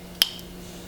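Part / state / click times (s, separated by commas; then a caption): three-prong harness connector into headlight wiring harness connector / seated / 0.2 s. A three-prong wiring harness connector, the green one with the red side up, is pushed into the mating plastic connector of the headlight harness while RS headlights are installed on a non-RS 2010 Camaro. A single sharp snap rings out at 0.2 s over a steady low hum, followed by a faint tick. The connector latches and is seated.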